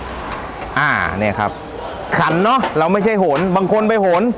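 A click-type torque wrench tightens the rear differential drain plug on an Isuzu NLR 130 light truck, giving a single sharp click at 0.3 s as it reaches its setting and the mechanic stops there without hanging on the wrench, since only one click is wanted. Someone then talks over a low background hum.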